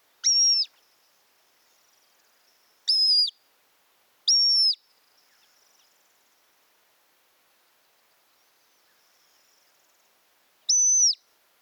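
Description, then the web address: Montagu's harrier whistled calls, four loud high thin notes, each level then slurred down at the end, spaced irregularly with quiet gaps between. "sound montagu's-harrier. صدای-پرنده-سنقر-گندمزار"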